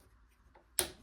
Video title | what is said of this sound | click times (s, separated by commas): White sewing machine model 967 cleaning & oiling tutorial video ￼ | you just pop these back to lock into place. | 0.8 s